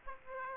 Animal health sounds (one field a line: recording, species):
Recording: mosquito wingbeat signal from an infrared sensor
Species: Aedes aegypti